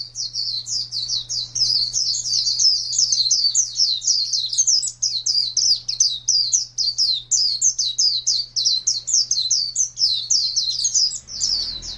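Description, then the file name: White-eye giving a sustained, rapid high-pitched twittering song, notes rising and falling quickly, over a steady low hum, with a soft rustle at the end. Long continuous song of the 'ngalas panjang' type. "pleci ngalas panjang"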